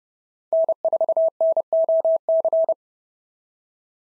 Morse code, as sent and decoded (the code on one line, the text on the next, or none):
-. ....- -. --- -.-.
N4NOC